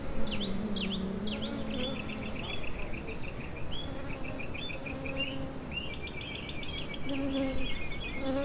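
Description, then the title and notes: Bees buzzing in a low steady hum while songbirds chirp and trill busily above. Bees pollinating a perpetual-blooming Echium candicans (pride of Madeira) shrub in a Laurel Canyon garden, Hollywood hills; live iPhone recording via Shure MOTIV MV88. "Canyon Bees, Birds, and a Chicken. Bees pollinate a perpetual-blooming Echium Candicans ("pride of Madeira") flowering shrub in our Laurel Canyon Garden"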